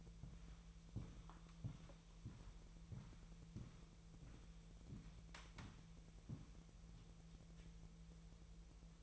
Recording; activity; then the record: daily activity, microphone in the room; walk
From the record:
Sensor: 1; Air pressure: 1002.1 hPa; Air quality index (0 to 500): 236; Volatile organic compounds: 91 ppm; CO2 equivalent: 3689 ppm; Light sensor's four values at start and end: 8/18/7/8 and 8/19/8/9